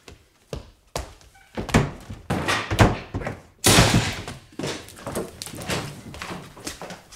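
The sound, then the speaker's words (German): Heavy thuds and bangs strike a door again and again as police break it open, building to a loud splintering crash as it gives way, followed by scraping, rattling and clattering debris. “Wenn Sie jetzt nicht aufmachen, brechen wir die Tür auf!”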